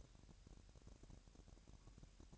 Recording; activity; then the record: daily activity, microphone in the room; take from stove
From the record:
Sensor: 2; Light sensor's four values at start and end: 70/165/67/64 and 70/165/67/64